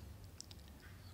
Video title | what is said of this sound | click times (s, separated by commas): Tutorial lengkap penggunaan mikroskop cahaya | satu poros ya dengan lensa okuler yang ditandai bunyi klik ya pada revolver | 0.4 s